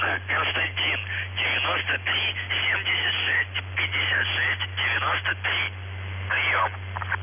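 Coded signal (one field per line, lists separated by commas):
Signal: numbers station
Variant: UVB-76, Russian voice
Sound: a voice reading short words and numbers over a steady low hum, radio-muffled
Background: radio static, low hum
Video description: Callsign: NZhTI (НЖТИ) Message text: 59 398 TEGOChYeK (ТЕГОЧЕК) 93 76 56 93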